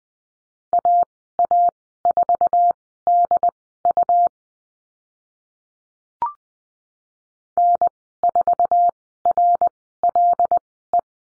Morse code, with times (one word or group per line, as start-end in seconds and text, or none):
0.7-4.3 AA4DU
7.6-11.0 N4RLE